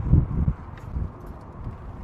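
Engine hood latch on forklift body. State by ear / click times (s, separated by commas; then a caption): not seated / none. The engine hood of an EKKO EK25CLP liquid propane forklift is unlocked and lowered toward its latch on the forklift body, giving low, rumbling handling thumps in the first half-second and then a quieter, breathy rustle. Nothing has seated or clicked yet, because the hood still has to be pushed down to lock.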